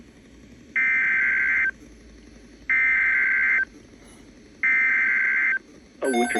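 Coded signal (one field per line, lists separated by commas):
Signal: Emergency Alert System (SAME) tones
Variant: header bursts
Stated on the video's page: Winter storm watches received from NOAA weather radio transmitter KIG86, Columbus, Ohio.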